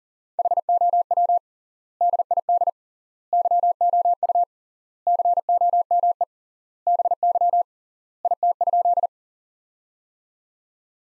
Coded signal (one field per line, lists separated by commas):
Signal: Morse code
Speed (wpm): 40 wpm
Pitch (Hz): 700 Hz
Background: none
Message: HOW DID YOU COME BY IT?